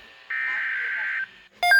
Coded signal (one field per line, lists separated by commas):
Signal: Emergency Alert System (SAME) tones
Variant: header bursts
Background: speech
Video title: EAS #162 - Tornado Watch